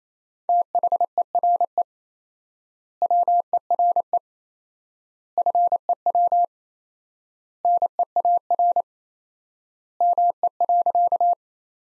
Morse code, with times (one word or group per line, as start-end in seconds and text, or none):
0.5-1.8 THERE
3.0-4.2 WERE
5.4-6.4 FEW
7.6-8.8 NEAR
10.0-11.3 ME.